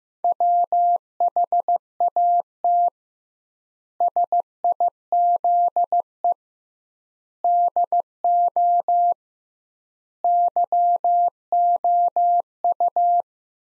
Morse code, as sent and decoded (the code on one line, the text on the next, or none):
.-- .... .- - / ... .. --.. . / -.. --- / -.-- --- ..-
WHAT SIZE DO YOU